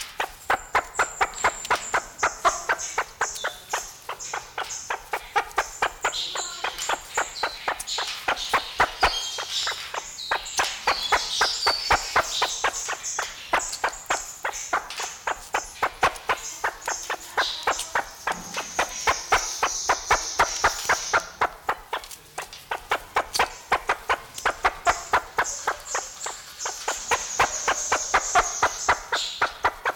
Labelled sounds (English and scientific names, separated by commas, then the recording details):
Great Argus (Argusianus argus) call
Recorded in captivity
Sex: male
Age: adult
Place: Zoo Berlin, Berlin, DE
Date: 1994-01-08 11:25
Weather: wolkig bis sonnig, 6°C
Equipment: Marantz CP 430, Sennheiser MKH 416 T, Kopie Uher Variocord 263
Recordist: Tembrock, Günter